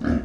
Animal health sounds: pig call; growing-finishing pig (85 days or more)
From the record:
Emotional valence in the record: negative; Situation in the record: barren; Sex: male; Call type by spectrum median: low-frequency call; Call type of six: low-frequency modulated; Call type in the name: low-frequency stable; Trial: 3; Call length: 0.24 s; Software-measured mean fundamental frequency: 40 Hz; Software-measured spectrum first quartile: 175 Hz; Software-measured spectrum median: 266 Hz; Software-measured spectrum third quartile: 493 Hz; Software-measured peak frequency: 248 Hz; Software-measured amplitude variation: 241 dB a second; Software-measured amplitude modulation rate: 26.6 a second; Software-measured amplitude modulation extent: 9.0 dB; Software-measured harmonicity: 1.1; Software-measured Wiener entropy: -0.80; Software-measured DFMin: 849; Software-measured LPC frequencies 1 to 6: 260, 1563, 2834, 4085, 5248, 6206 Hz

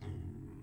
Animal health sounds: pig call; weaner (32 to 43 days)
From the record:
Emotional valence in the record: negative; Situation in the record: negative conditioning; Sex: female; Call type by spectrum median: low-frequency call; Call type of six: low-frequency stable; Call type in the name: low-frequency stable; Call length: 0.64 s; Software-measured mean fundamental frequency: 45 Hz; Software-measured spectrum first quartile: 94 Hz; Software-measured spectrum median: 154 Hz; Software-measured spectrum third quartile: 333 Hz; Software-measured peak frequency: 102 Hz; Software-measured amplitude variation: 163 dB a second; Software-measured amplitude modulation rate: 32.1 a second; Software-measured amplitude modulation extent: 5.1 dB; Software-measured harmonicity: -3.6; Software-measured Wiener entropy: 0.74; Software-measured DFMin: 894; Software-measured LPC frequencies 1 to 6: 1980, 3354, 4210, 5003, 6599, 8018 Hz

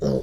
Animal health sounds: pig call; piglet (1 to 25 days)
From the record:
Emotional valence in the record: negative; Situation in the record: long isolation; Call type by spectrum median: low-frequency call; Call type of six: low-frequency stable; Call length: 0.23 s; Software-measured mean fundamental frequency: 52 Hz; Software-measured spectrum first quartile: 182 Hz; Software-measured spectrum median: 353 Hz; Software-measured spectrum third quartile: 527 Hz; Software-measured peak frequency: 517 Hz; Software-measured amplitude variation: 101 dB a second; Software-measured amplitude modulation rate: 28.4 a second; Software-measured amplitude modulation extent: 3.6 dB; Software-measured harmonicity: 2.5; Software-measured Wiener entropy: -0.64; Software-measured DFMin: 1090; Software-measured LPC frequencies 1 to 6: 488, 3160, 3999, 4638, 5309, 5627 Hz

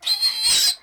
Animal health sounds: pig call; piglet (1 to 25 days)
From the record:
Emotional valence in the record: negative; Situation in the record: restrain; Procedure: sham castration, cut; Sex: male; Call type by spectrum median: high-frequency call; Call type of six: mixed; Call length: 0.83 s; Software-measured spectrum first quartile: 4076 Hz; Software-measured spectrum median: 4960 Hz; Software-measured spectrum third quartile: 7158 Hz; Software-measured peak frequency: 4217 Hz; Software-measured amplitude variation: 157 dB a second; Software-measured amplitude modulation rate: 13.9 a second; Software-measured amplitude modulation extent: 11.3 dB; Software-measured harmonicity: 8.5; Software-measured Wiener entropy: -2.94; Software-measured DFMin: 731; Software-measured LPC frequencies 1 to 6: 1071, 1997, 4141, 5025, 8235, 11454 Hz

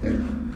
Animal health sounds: pig call; growing-finishing pig (85 days or more)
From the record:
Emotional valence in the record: negative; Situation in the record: barren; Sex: female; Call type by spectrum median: low-frequency call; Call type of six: low-frequency stable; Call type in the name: low-frequency stable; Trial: 3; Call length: 0.56 s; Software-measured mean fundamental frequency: 55 Hz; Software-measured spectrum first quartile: 132 Hz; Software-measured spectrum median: 234 Hz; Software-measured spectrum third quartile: 366 Hz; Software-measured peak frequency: 235 Hz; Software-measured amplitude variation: 184 dB a second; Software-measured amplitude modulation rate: 26.0 a second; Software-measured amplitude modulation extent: 7.1 dB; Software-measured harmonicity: 2.7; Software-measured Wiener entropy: -0.57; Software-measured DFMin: 1322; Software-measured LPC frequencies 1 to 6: 300, 1619, 3348, 4221, 4818, 5972 Hz

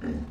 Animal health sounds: pig call; growing-finishing pig (85 days or more)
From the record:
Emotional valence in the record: negative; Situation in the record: barren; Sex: female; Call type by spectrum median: low-frequency call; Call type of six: low-frequency stable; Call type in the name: low-frequency stable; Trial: 1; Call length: 0.31 s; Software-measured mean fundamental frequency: 63 Hz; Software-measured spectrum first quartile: 143 Hz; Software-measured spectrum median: 241 Hz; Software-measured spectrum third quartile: 395 Hz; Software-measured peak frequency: 251 Hz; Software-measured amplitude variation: 137 dB a second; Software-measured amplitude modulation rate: 16.1 a second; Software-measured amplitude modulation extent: 8.5 dB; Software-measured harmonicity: 0.8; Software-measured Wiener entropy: -0.22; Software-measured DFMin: 848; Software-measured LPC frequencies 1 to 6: 292, 1783, 2795, 3835, 5096, 6417 Hz

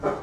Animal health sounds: pig call; growing-finishing pig (85 days or more)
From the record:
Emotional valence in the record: positive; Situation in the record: run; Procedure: transit

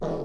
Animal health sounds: pig call; piglet (1 to 25 days)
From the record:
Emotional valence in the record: negative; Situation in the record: long isolation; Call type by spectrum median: low-frequency call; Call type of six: low-frequency stable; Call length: 0.26 s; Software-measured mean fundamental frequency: 53 Hz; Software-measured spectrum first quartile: 211 Hz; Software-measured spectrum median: 419 Hz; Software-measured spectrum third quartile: 609 Hz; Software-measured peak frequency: 447 Hz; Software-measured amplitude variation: 63 dB a second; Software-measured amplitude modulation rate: 25.4 a second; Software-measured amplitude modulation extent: 2.5 dB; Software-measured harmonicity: 1.6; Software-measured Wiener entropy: -0.48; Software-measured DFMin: 1031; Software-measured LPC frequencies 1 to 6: 528, 3615, 4576, 5741, 8399, 9261 Hz

